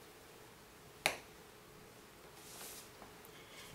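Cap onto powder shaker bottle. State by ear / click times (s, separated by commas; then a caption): seated / 1.1 s. A plastic cap is pressed onto a powder shaker bottle until it snaps shut. A single sharp, loud snap comes at 1.1 s, followed by soft faint handling noise. The cap is seated.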